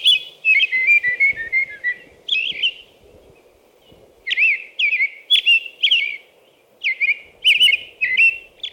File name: American Robin